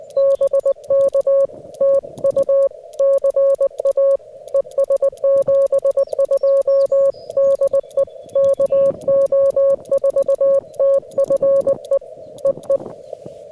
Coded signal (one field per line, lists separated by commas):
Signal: Morse code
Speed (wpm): 20 wpm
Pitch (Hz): 560 Hz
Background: music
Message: BK TU CA ES 72 DE KO4TFE EE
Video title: TOUGH CW QRP POTA ACTIVATION @ KY HORSE PARK | FT-891 | ZM-2 | 9:1 EFRW